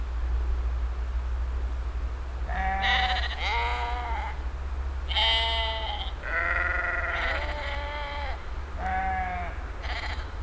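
Sheep bleating repeatedly, several wavering bleats in close succession with short pauses between, over a steady low hum.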